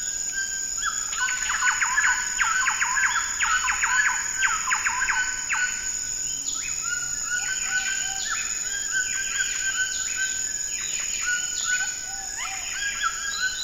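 Rainforest birds call at dawn, with a dense burst of rapid, repeated clipped notes in the first six seconds, then a looser string of varied calls through to the end. A steady, high insect whine runs underneath the whole time.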